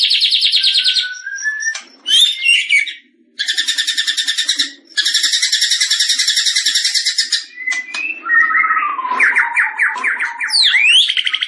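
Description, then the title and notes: White-rumped shama song in varied bursts: a buzzy trill, short pauses, long dense rattling phrases, then rising and falling whistles with quick sweeping notes at the end. Vigorous singing. "Masteran murai. Murai Batu Gacor"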